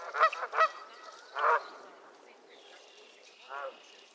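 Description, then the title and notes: Goose: geese giving a few harsh honks at the start, then a quieter stretch and one last honk. Squabbling geese at Miner's Marsh, Annapolis Valley, Nova Scotia. "Theraphonia - Geese at Miner's Marsh. Geese squabbles at Miner's Marsh, Annapolis Valley, Nova Scotia"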